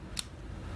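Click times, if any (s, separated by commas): 0.2 s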